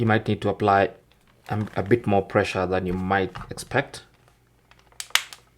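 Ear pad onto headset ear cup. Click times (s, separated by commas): 5.2 s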